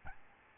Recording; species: mosquito wingbeat signal from an infrared sensor; Aedes albopictus